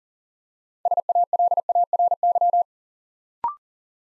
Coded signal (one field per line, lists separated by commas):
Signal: Morse code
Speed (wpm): 38 wpm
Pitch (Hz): 700 Hz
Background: none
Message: SALARY